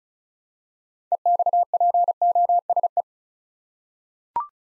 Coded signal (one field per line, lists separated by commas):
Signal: Morse code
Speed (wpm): 36 wpm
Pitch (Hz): 700 Hz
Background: none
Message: EXPOSE